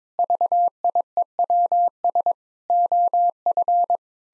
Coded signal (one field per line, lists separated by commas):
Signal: Morse code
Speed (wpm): 22 wpm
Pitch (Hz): 700 Hz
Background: none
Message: VIEWS OF